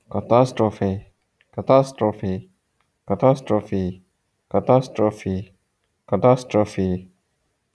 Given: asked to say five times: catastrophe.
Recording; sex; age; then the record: repeated word; male; 40 to 49 years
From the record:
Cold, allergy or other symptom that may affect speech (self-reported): no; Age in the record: 45 years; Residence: California, United States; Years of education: 20